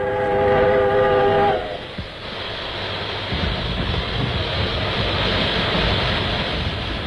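A locomotive pulls up and stops beside a parked ammunition train at nightfall, giving a steady, harmonic whistle blast for over a second, then continuous mechanical rumbling and a broad, hissing rush of steam released by the locomotive, with no voices.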